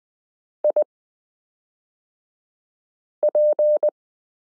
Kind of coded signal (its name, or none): Morse code